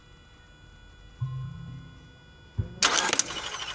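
A tight V-belt sits over the crankshaft and alternator pulleys and partly over the power steering pump pulley, held with clips, and the engine is briefly cranked so the pump pulley's rotation can pull the belt fully on. A low hum rises at about 1.2 s, a dull thump comes at 2.6 s, and from 2.8 s a loud broadband cranking roar with sharp bursts at 3.0, 3.1 and 3.2 s follows. The clip ends before the belt goes home, so nothing has seated yet.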